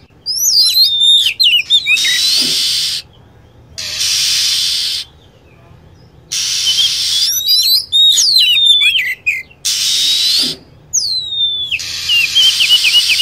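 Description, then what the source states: Lovebird chatter with rapid high chirps and downward whistled sweeps, broken by repeated blocks of harsh, hissing screeching. Lure sound used to attract lovebirds.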